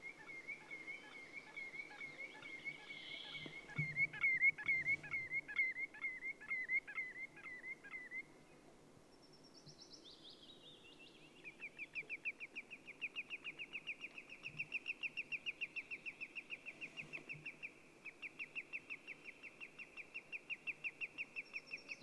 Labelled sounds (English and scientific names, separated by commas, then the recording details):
Redwing (Turdus iliacus) song
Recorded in the wild
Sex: male
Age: adult
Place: Halbinsel Kindo, Karelien, RU
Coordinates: 66.55, 33.1
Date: 1998-06-21 21:50
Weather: clear, 12°C, weak easterly winds
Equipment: Aiwa HD-S1, Telinga Pro 5
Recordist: Frommolt, Karl-Heinz